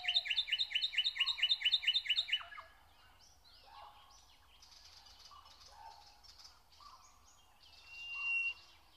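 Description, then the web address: Nightingale song opening with a rapid, evenly repeated run of loud chopping notes for two seconds, then quieter varied notes and a louder phrase near the end. Song recorded in spring. "spiew slowika wiosna"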